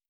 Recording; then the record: hydrophone in a shrimp aquaculture tank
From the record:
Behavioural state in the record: stressed